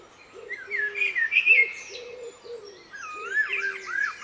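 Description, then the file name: Common blackbird singing arched, fluted whistles and thin high twitters, with a series of low rounded notes beneath. "Turdus merula"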